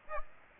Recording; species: mosquito wingbeat signal from an infrared sensor; Aedes aegypti